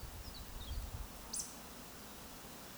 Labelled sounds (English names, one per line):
Eurasian Woodcock whistle